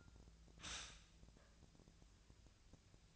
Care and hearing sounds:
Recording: daily activity, microphone in the room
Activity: stop toaster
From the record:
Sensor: 2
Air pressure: 1009.2 hPa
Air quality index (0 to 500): 186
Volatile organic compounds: 11 ppm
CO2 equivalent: 2309 ppm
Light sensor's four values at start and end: 9/24/9/10 and 10/26/10/11

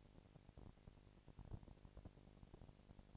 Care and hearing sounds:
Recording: daily activity, microphone in the room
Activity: no activity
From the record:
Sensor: 5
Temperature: 19.8 degrees Celsius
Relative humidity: 36.7%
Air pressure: 997.2 hPa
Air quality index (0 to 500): 169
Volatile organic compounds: 14 ppm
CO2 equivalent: 2439 ppm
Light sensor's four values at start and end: 2/3/1/1 and 2/3/1/1

